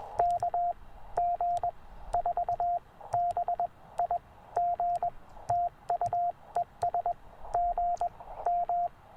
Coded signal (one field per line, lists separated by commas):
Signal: Morse code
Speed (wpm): 22 wpm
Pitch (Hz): 700 Hz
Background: radio noise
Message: KG4BIG TU ES GM